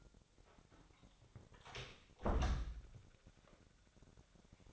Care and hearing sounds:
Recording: daily activity, microphone in the room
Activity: close door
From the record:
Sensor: 3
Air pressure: 1007.3 hPa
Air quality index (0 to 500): 200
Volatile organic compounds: 16 ppm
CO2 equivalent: 2554 ppm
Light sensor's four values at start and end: 13/30/12/13 and 12/29/12/12

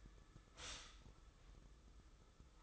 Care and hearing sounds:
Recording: daily activity, microphone in the room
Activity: stop toaster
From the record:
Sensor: 3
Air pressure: 995.2 hPa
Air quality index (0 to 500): 73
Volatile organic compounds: 5 ppm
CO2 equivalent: 1706 ppm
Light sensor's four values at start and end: 18/54/23/20 and 18/54/23/20

